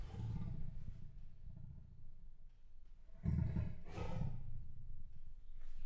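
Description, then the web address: Leopard low growling rumble, then two sharper rasping grunts in quick succession, deep and breathy. Male leopard, captive in a zoo in Jászberény, recorded in 2016. "jaszberenyizoo 2016 leopard himallat"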